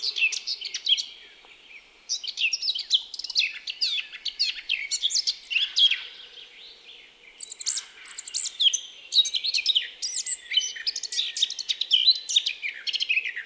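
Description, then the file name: Eurasian blackcap song: fast, varied warbling phrases of chirps and whistles, with brief pauses near two and seven seconds before the chatter resumes. "Sylvia atricapilla"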